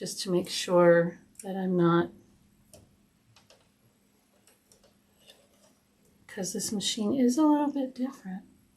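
Someone talks while rethreading a sewing machine, drawing the upper thread toward the tension discs, with faint, soft handling ticks in the quiet middle stretch before the talking resumes. The thread has not yet clicked into the tension discs; nothing has seated yet.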